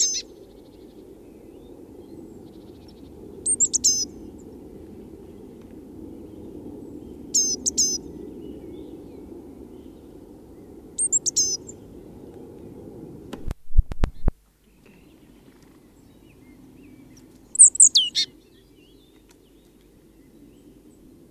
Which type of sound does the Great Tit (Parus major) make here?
call